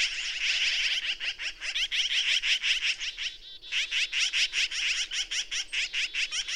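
Bird delivering a long, steady run of rapid, high chirping notes, a brief dip near the middle, then strong regular pulses to the end.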